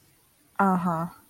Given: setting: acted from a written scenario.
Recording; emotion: vocal sound without words; contempt